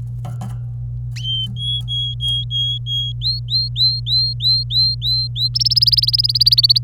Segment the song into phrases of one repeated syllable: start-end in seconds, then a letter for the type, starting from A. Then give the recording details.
1.16-3.12 A, 3.22-5.48 B, 5.54-6.78 C. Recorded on 25 April 2018 at 16:33. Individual llb3